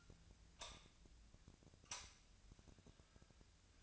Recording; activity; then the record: daily activity, microphone in the room; light on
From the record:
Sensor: 2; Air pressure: 1009.7 hPa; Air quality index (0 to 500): 182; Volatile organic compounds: 11 ppm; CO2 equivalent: 2274 ppm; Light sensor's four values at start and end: 28/69/30/33 and 33/84/36/38